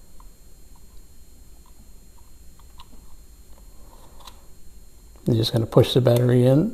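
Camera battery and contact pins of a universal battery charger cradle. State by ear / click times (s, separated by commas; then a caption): not seated / none. The movable contact pins of a universal battery charger cradle are lined up to match the terminals of a flat camera/phone lithium battery before it is pushed in, making small, quiet plastic taps and slides, with light taps around 0.2, 2.8 and 4.3 seconds. From about 5.2 seconds someone talks. The battery has not yet seated or clicked into place.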